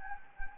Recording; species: mosquito wingbeat signal from an infrared sensor; Anopheles gambiae